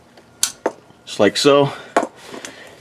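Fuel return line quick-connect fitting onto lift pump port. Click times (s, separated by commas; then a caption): 0.4 s. A fuel return line quick-connect fitting is squared up and pushed by hand onto the port of an AirDog 2 4G lift pump on a Duramax, and it clicks on with a loud, sharp snap at 0.4 s. Further sharp knocks follow at about 0.7, 2.0 and 2.4 s. Someone talks in between, and the fitting is seated.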